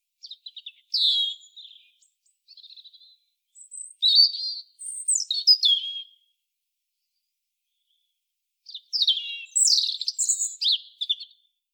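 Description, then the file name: European robin singing: varied high warbling phrases, some descending and some fluttering, given in bursts with a few seconds of silence before a final rich phrase. "Erithacus rubecula"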